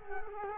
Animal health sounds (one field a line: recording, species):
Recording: mosquito wingbeat signal from an infrared sensor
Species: Culex quinquefasciatus